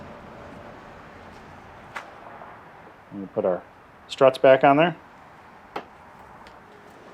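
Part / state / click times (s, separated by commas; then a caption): liftgate gas strut socket onto body ball stud / seated / 5.8 s. A gas strut's end socket is pushed onto its metal ball stud on the liftgate of a rebuilt, salvage-totaled Honda Odyssey Touring minivan, and it snaps home at 5.8 s because the prop rod was cut to the right height. Someone talks in the middle of the clip, and a brief sharp sound also occurs at 2.0 s. The strut is seated.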